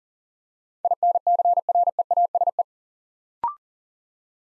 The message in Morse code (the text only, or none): INCREASE